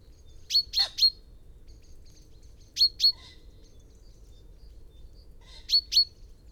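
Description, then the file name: Common chaffinch calls: a crisp triplet of high notes, then two pairs, with pauses between. "Fringilla coelebs"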